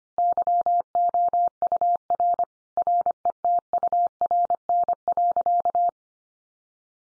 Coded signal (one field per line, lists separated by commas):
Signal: Morse code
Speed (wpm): 25 wpm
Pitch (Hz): 700 Hz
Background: none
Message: YOUR RETURN.